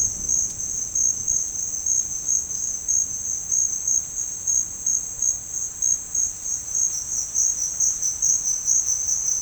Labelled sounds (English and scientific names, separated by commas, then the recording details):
none
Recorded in dense forest near Puerto Asís, Putumayo, Colombia, on 27 June 2025 at 12:30
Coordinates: 0.481, -76.323
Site G072